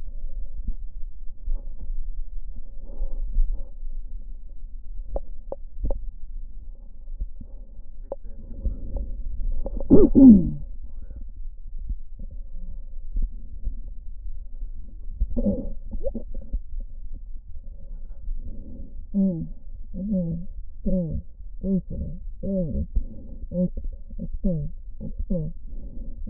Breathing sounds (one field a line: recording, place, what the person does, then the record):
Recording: lung sounds by stethoscope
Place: left posterior apical chest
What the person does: quiet breathing, then cough and speech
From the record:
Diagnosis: interstitial lung disease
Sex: female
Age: 72 years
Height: 153 cm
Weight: 71 kg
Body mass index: 30.3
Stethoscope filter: diaphragm mode